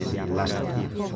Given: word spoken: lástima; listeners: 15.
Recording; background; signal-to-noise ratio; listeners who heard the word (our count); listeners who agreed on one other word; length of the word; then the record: one Spanish word in noise, from a listening test; eight-talker babble; -2.8 dB; 0 of 15; 6 of 15; 0.76 s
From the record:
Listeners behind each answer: 6, 3, 1, 1, 1, 1, 1, 1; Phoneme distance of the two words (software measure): 48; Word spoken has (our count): 3 syllables, 7 phonemes, stress on syllable 1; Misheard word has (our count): 3 syllables, 7 phonemes, stress on syllable 2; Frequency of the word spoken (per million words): 16.12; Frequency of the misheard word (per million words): 0.82